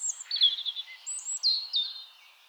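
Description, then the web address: European robin song: thin, high warbled phrases with sliding whistles and quick trills, short pauses between bursts, no low sounds. "SETE Erithacus rubecula"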